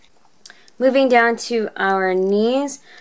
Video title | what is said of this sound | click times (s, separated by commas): Official Junky Spot Review: Hujoo Nano Freya | catching on the parts here to kind of lock it into place you can even hear it click | 0.5 s